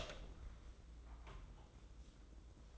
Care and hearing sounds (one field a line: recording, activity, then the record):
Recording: daily activity, microphone in the room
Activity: open door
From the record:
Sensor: 3